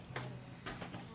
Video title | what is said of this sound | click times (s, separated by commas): uso xbox 360 repair training video 4 transfering the hard drive. | You just put it in, slide it in, hear the click, and | 0.2 s, 0.7 s